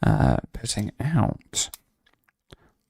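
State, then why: Seated. Someone talks while a plastic construction brick is pressed onto a LEGO Star Trek USS Enterprise-D model assembly. A quick series of faint small clicks around 2.1 to 2.3 seconds ends in a sharper snap at 2.5 seconds as the brick seats.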